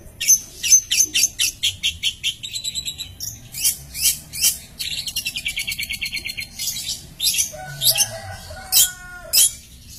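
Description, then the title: Long-tailed shrike singing a fast series of sharp, high, scratchy notes in bursts, then a lower, nasal harmonic call near the end. "Cendet"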